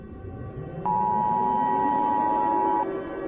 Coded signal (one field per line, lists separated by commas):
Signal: Emergency Alert System (SAME) tones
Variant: 853 and 960 Hz attention tone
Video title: EAS Scenario/Mock #8 - WW3